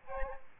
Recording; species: mosquito wingbeat signal from an infrared sensor; Aedes albopictus